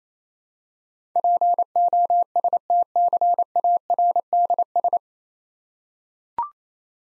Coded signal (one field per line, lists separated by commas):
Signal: Morse code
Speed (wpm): 27 wpm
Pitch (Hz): 700 Hz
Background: none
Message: POSTCARDS